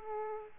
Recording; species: mosquito wingbeat signal from an infrared sensor; Aedes aegypti